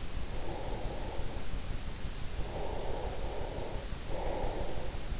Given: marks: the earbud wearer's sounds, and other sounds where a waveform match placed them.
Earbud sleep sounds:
sounds in sleep by an in-ear microphone; breath
0.00-5.02 s: breath

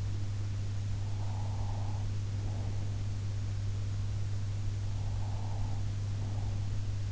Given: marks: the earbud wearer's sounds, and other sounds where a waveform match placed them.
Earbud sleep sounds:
sounds in sleep by an in-ear microphone; breath
1.22-2.79 s: breath
5.09-6.67 s: breath

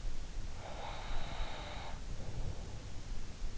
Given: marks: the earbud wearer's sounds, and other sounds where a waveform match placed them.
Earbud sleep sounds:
sounds in sleep by an in-ear microphone; breath
0.45-3.10 s: breath

